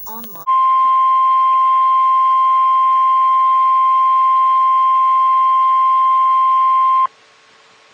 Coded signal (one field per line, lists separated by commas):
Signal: Emergency Alert System (SAME) tones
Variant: 1050 Hz attention tone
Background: speech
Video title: Thanks A Lot Wakefield...EAS Alerts From August 15-16, 2020 (EAS #368-403)